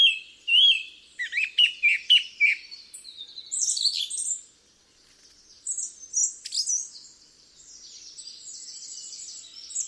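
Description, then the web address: Song thrush singing a quick run of repeated sharp notes, followed by thin, high, drawn-out notes. "cianscape birddata Deverinetal 2025"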